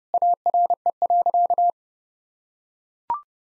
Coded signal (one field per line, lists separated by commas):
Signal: Morse code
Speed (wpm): 30 wpm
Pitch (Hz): 700 Hz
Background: none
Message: ARE.